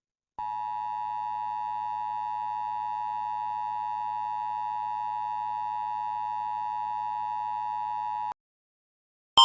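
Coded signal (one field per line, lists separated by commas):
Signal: Emergency Alert System (SAME) tones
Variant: 853 and 960 Hz attention tone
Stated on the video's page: Mock AMBER alert.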